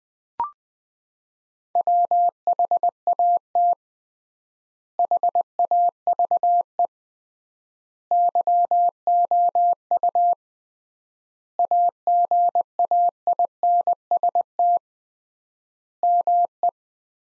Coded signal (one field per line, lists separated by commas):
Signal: Morse code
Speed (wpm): 20 wpm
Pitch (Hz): 700 Hz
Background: none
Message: WHAT HAVE YOU AGAINST ME